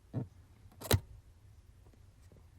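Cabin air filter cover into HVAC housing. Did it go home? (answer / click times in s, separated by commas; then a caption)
yes / 0.9 s. The plastic cabin air filter access cover of a 2011 Infiniti G37 is pushed onto the HVAC housing after its tabs are slid into the notches. A soft knock is heard near 0.2 s, then a sharp snap at 0.9 s as the cover seats in place, followed by quiet.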